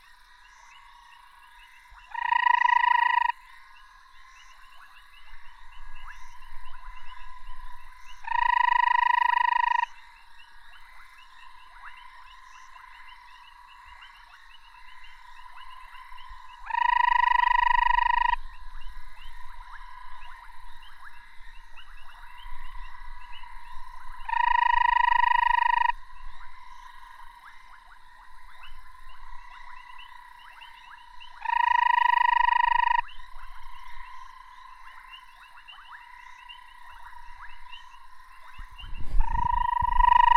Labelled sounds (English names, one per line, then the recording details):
Banded Rubber Frog call
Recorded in the wild
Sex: male
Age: adult
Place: Marepsig, ZA
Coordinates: -24.5, 30.85
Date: 1996-02-01 21:28
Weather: 23,6°C
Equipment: Sony TCD-D3, Sennheiser ME 80, K 30 AV
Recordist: Gutsche, Alexander